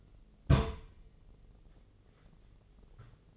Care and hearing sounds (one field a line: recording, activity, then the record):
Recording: daily activity, microphone in the room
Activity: place on stove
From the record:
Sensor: 4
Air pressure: 996.1 hPa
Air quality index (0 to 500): 71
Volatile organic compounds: 2 ppm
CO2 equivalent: 1314 ppm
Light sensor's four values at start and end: 18/50/19/20 and 18/50/19/20